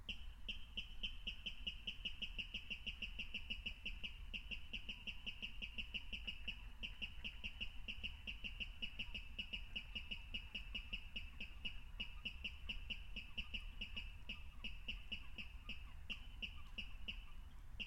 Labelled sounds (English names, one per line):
Water Rail song